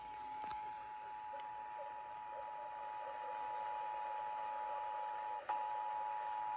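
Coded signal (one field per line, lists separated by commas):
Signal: Emergency Alert System (SAME) tones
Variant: 853 and 960 Hz attention tone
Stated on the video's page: Los Angeles County monthly test, with untoned bulletins on a weather radio station.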